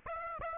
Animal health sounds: mosquito wingbeat signal from an infrared sensor; Aedes aegypti

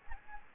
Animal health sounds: mosquito wingbeat signal from an infrared sensor; Aedes aegypti

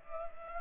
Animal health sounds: mosquito wingbeat signal from an infrared sensor; Culex pipiens

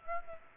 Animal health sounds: mosquito wingbeat signal from an infrared sensor; Aedes aegypti

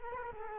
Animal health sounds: mosquito wingbeat signal from an infrared sensor; Culex quinquefasciatus

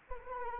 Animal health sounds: mosquito wingbeat signal from an infrared sensor; Anopheles arabiensis

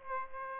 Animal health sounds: mosquito wingbeat signal from an infrared sensor; Aedes aegypti

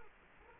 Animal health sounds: mosquito wingbeat signal from an infrared sensor; Culex quinquefasciatus

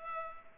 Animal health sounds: mosquito wingbeat signal from an infrared sensor; Culex pipiens

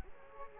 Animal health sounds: mosquito wingbeat signal from an infrared sensor; Culex quinquefasciatus

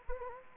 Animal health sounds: mosquito wingbeat signal from an infrared sensor; Anopheles gambiae

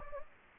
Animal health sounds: mosquito wingbeat signal from an infrared sensor; Anopheles gambiae

